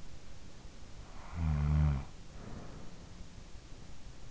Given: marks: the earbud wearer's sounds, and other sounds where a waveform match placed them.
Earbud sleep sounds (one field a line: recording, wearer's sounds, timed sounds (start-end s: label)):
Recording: sounds in sleep by an in-ear microphone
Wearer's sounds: snoring breath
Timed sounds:
0.61-3.42 s: snoring breath